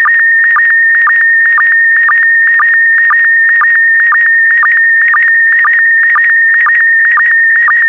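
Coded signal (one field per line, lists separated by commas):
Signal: SSTV (slow-scan television)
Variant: PD120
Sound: steady high warbling tone with short low blips about twice a second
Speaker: complete. You can now check your decoded image against the picture that is shown on the video.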